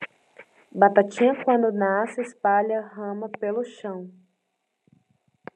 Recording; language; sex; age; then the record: short text; Brazilian Portuguese; female; 20 to 29 years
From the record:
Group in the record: control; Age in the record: 26 years